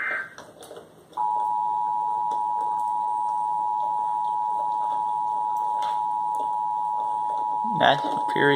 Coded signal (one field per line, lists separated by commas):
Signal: Emergency Alert System (SAME) tones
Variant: 853 and 960 Hz attention tone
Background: speech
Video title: Live EAS Test